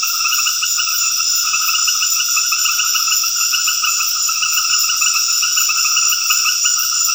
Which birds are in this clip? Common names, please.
none